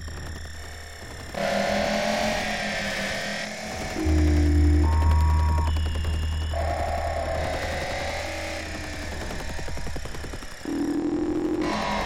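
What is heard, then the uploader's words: Experimental electronic drone noise: a low, throbbing hum runs underneath while stacked tones shift in blocks every second or two, jumping between pitches. A loud bass pulse swells in around four seconds and holds, with a thin hiss and faint crackle above throughout. Experimental electronic drone noise.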